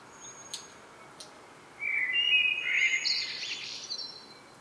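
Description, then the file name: Common blackbird delivering one rich whistled phrase rising into a scratchy high twitter, after a couple of faint ticking sounds. "Turdus merula"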